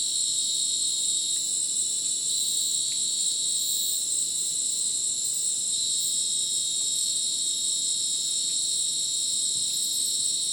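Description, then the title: Crickets in a dense chorus, steady high shrill bands layered over one another without pause, with faint scattered clicks beneath. Rainforest at Madidi National Park, Ucumari, Bolivia, after sunset; very dense insect chorus likened to a polyrhythmic electronic concert; AT BP4029 microphone, MixPre 6 recorder. "Madidi National Park, Ucumari, Bolivia - Supersonic Crickets in the rainforest"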